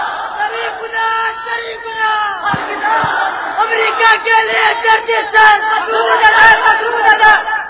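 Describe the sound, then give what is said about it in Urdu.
A large crowd of students shouts religious slogans in unison, such as "Allahu Akbar" and "Labbaik Allahumma Labbaik", many voices rising and falling together in loud, rhythmic bursts with a steady roar of massed voices throughout. “اللہ کی تکبیر کے نعرے لگائیں.”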